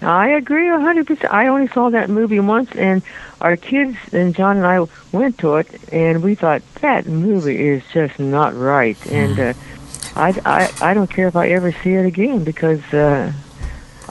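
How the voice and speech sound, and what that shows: Conversational speech from an older woman who has stuttered all her life. It is mostly fluent, with a tense, creaky 'I-I-I' repetition and several stretched pauses. These are mild, residual stuttering moments in a stutter that is now much improved after therapy.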